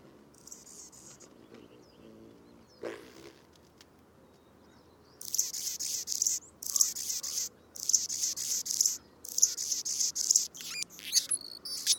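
Anna's hummingbird song: after a quiet start, high scratchy buzzing phrases with sharp ticking notes come in clustered bursts, repeating for the last seven seconds.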